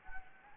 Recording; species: mosquito wingbeat signal from an infrared sensor; Anopheles gambiae